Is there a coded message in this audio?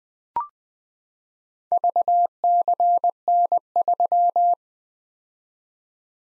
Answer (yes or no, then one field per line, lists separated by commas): yes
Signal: Morse code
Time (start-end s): 1.7-4.5 s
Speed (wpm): 20 wpm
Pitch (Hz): 700 Hz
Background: none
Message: VCN3